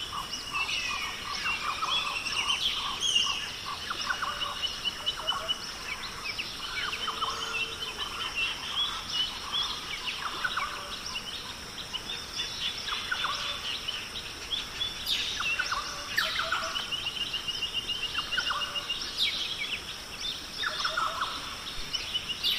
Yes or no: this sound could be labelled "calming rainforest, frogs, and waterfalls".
yes